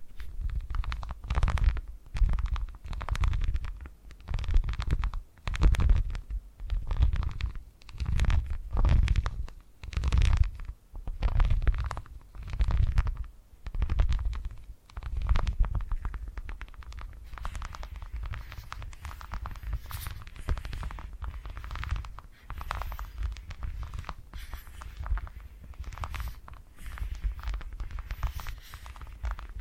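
Low, rumbling purring pulses in a steady rhythm, roughly one swell per second, each with a soft rough texture. For the first half the pulses are strong and distinct; after about fifteen seconds they turn quieter and blur into a softer, continuous purr.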